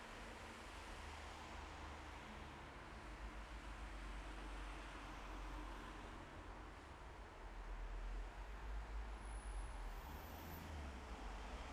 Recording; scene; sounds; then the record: everyday scene through a hearing-aid microphone; in traffic; traffic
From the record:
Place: bus stop on a city main road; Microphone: behind the ear, left, rear